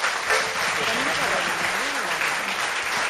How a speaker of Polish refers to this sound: Krzysztof Kłak oświetla nas pięknie. Brawa dla Krzysia.